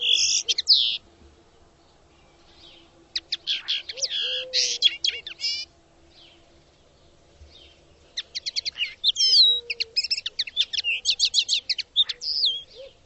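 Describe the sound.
Bird song in bursts of rapid, varied chirps and sweeping whistles, pausing between phrases, with a few soft low whistled notes underneath.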